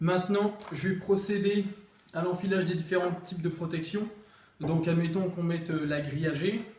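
A plastic AG vent grille is being handled and brought up to a Rudy Project Wing57 aero helmet shell while a man talks throughout. Nothing has seated or clicked into the shell yet.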